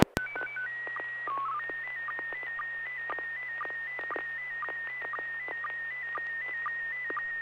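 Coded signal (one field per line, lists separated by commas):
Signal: SSTV (slow-scan television)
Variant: PD 120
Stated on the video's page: SSTV images exchanged on a weekly amateur radio net via a UHF FM repeater on 441.300 MHz, using MMSSTV software.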